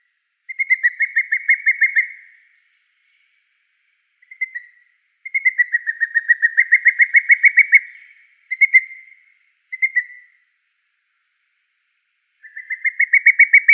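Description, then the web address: Booted eagle giving repeated bursts of quick, high whistled notes, long rattling series broken by pauses. Male. "Schulze Peter Booted Eagle male"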